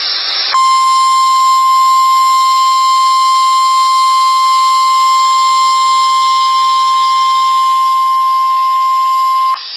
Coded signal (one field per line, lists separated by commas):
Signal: Emergency Alert System (SAME) tones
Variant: 1050 Hz attention tone